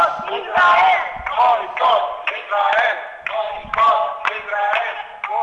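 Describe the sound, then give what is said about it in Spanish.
A crowd cheers and chants in loud rhythmic bursts as boats depart carrying women sailing to Gaza, many voices rising and falling together in repeated shouted slogans such as 'boicot Israel', with short pauses between them. “muy emotivo, como deja entrever el sonido ambiente de, pues bueno, esas ovaciones ante la salida de los barcos y la despedida a estas mujeres pues valientes, ¿no?”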